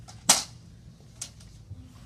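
A folding portable display frame is unfolded, and its snap joints click into place as it opens. A sharp, bright snap comes at 0.3 s, a second, quieter click at 1.2 s, and a faint tick follows at 1.4 s. The joints lock the frame into place.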